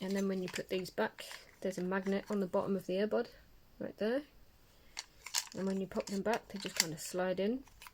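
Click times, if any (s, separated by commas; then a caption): none. Someone talks while handling a wireless earbud with a magnet on its bottom near its plastic charging case, as it is slid in to be pulled down by the magnet. Brief sharp handling taps sound around 5.0 to 5.4 s. The clip ends before the earbud goes home, so nothing has seated or clicked yet.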